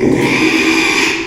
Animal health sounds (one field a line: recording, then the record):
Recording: squeal of a Yucatan mini pig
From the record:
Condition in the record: after surgery on the right vocal fold (resection and tissue-engineered implant)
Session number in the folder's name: 1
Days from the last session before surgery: 6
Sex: male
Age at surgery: 12 weeks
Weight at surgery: 13 kg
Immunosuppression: cyclosporine, prednisolone